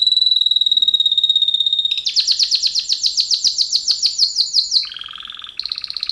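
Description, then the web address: Canary song opening with a sustained whistle, then a loud pulsed trill of quick repeated notes, a lower rolling phrase and a higher one. Male canary. "kenar businka canto kenar"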